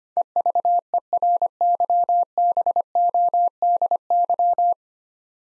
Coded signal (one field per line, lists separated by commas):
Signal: Morse code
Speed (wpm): 25 wpm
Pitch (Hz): 700 Hz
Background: none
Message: EVERYBODY